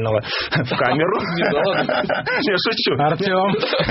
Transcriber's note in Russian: смех